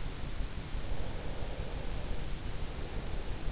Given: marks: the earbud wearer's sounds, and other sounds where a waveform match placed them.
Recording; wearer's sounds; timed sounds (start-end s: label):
sounds in sleep by an in-ear microphone; breath
0.67-3.52 s: breath